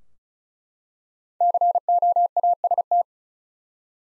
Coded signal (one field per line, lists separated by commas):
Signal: Morse code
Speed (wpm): 36 wpm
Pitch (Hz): 700 Hz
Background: none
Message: COAST